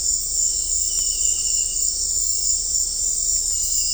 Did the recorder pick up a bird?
no